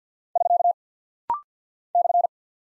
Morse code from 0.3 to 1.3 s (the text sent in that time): <SK>